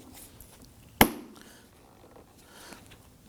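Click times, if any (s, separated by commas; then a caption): 1.0 s. A rear interior door handle on a 2015–2024 Nissan Murano is lined up, pressed into the plastic door panel and wiggled until its clips lock. A single sharp, loud click at 1.0 s stands out over quiet background with a few faint ticks around it. The handle is locked into place.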